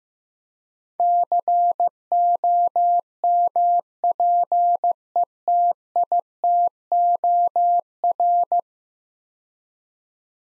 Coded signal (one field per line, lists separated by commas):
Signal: Morse code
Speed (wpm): 15 wpm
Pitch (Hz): 700 Hz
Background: none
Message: COMPETITOR